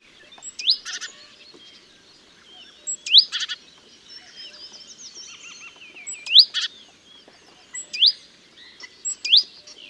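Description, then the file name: Great tit calls: sharp, high, upward-sweeping notes, each followed by a short chatter, repeated roughly every one and a half to three seconds over faint twittering of other birds. "Parus major"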